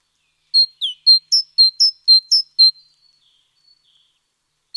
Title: G3latik b4t0. Great Tit (Parus major major)